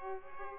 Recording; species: mosquito wingbeat signal from an infrared sensor; Culex pipiens